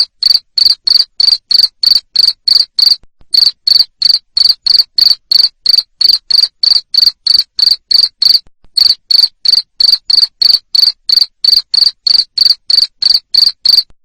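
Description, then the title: Cricket chirping in a long, steady series of shrill pulses about three per second, with two brief pauses. Loud cricket chirping used to make lovebirds sing continuously. "Suara JANGKRIK NGERIK Keras Bikin LOVEBIRD Jadi NGEKEK Terus"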